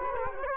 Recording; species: mosquito wingbeat signal from an infrared sensor; Culex quinquefasciatus